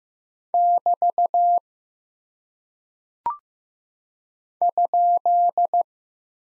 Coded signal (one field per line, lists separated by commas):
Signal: Morse code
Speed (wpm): 15 wpm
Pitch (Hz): 700 Hz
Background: none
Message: <BT> ?